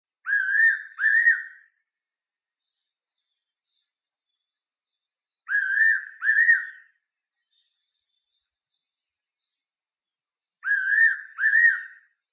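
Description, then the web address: Fairy pitta singing a clear two-note whistle, the pair repeated about every five seconds. "yairochou"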